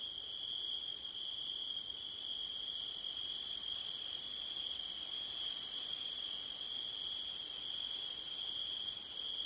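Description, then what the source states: Crickets trilling without pause at a high steady pitch, an upper shimmering layer briefly dipping early on, over light wind hiss. Crickets on a September night, with wind; Blumlein stereo recording.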